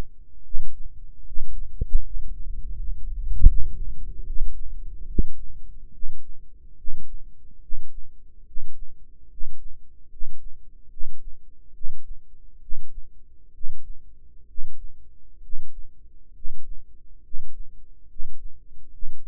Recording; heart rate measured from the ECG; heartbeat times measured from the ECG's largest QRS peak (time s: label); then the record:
heart sounds by microphone in the right ear; 71 bpm
0.43 s: heartbeat
1.24 s: heartbeat
2.01 s: heartbeat
2.73 s: heartbeat
3.44 s: heartbeat
4.24 s: heartbeat
5.06 s: heartbeat
5.91 s: heartbeat
6.76 s: heartbeat
7.60 s: heartbeat
8.45 s: heartbeat
9.28 s: heartbeat
10.09 s: heartbeat
10.89 s: heartbeat
11.72 s: heartbeat
12.60 s: heartbeat
13.52 s: heartbeat
14.46 s: heartbeat
15.40 s: heartbeat
16.33 s: heartbeat
17.21 s: heartbeat
18.07 s: heartbeat
18.90 s: heartbeat
From the record:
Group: healthy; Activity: rest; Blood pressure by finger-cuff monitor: 112/64 mmHg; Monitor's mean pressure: 76 mmHg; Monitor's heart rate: 71 bpm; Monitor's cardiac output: 7.1 L/min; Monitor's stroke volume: 99 mL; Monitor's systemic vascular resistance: 770 dyn s/cm5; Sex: male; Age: 35 years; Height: 180 cm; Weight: 86.9 kg